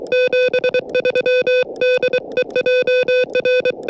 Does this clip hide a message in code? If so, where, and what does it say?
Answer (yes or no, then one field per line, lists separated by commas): yes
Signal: Morse code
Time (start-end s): 0.1-3.7 s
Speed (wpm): 23 wpm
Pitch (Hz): 500 Hz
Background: music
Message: 73 DE JR